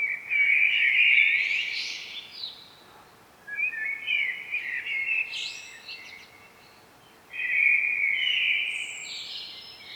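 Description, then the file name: Common blackbird singing three mellow warbled phrases a few seconds apart, each topped with brief high squeaky notes. "Turdus merula"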